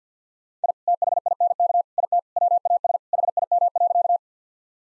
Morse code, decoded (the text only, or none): I THINK IT WAS HIM.